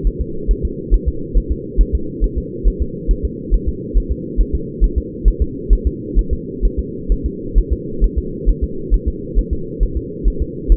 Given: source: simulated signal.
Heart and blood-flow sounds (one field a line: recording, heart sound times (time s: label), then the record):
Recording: fetal heart sounds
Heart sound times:
0.07 s: S1
0.21 s: S2
0.51 s: S1
0.65 s: S2
0.94 s: S1
1.08 s: S2
1.37 s: S1
1.52 s: S2
1.81 s: S1
1.95 s: S2
2.24 s: S1
2.38 s: S2
2.67 s: S1
2.82 s: S2
3.11 s: S1
3.25 s: S2
3.54 s: S1
3.69 s: S2
3.97 s: S1
4.12 s: S2
4.40 s: S1
4.55 s: S2
4.84 s: S1
4.98 s: S2
5.28 s: S1
5.42 s: S2
5.73 s: S1
5.87 s: S2
6.19 s: S1
6.33 s: S2
6.65 s: S1
6.79 s: S2
7.12 s: S1
7.26 s: S2
7.58 s: S1
7.73 s: S2
8.04 s: S1
8.18 s: S2
8.49 s: S1
8.63 s: S2
8.94 s: S1
9.08 s: S2
9.39 s: S1
9.53 s: S2
9.83 s: S1
9.97 s: S2
10.28 s: S1
10.42 s: S2
10.72 s: S1
From the record:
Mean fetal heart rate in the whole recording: 135 bpm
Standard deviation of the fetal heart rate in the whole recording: 3 bpm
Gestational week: 36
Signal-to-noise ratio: -4.3 dB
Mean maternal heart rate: 72 bpm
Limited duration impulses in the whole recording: present